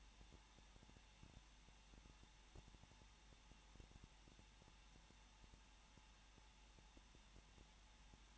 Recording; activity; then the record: daily activity, microphone in the room; no activity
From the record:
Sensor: 1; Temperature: 20.1 degrees Celsius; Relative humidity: 39.4%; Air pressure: 1006.4 hPa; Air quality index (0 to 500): 218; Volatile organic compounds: 80 ppm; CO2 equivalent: 3604 ppm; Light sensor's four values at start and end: 1/2/1/1 and 1/2/1/1